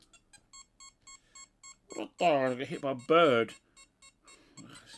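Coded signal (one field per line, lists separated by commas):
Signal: none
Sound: handheld game's beeps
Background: speech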